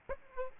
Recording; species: mosquito wingbeat signal from an infrared sensor; Aedes aegypti